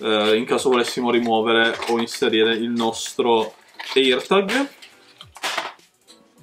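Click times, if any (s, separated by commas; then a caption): none. Someone talks while handling an AirTag tracker tag, with its twist-on metal battery cover being turned toward closed on the plastic/metal body. Two brief, sharp handling sounds come at about 5.2 s and 5.4 s, but the cover has not clacked shut and nothing has seated yet.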